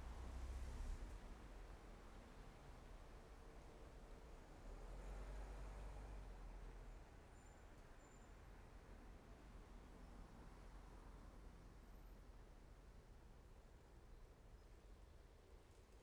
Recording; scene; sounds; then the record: everyday scene through a hearing-aid microphone; in traffic; traffic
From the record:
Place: main road on the outskirts, rush hour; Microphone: behind the ear, left, front